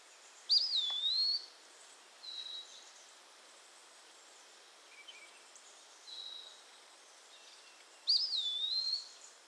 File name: EWPE SONG GA - Eastern Wood Pewee - Contopus virens